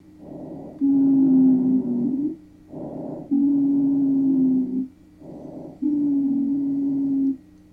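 Expiratory wheeze in adult lungs heard by stethoscope: three breath cycles, each a short quieter inspiration followed by a longer, louder expiration carrying a sustained musical tone near 250 Hz.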